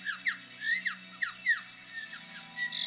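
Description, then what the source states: Superb Lyrebird song: sweeping whistled notes that slide downward, repeated in quick bursts, over a steady low hum. Male; mimics nearly any sound heard around him in the forest, including man-made sounds.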